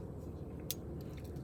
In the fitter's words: and it locks in it's a audible click I don't know if y'all heard that when it clicked in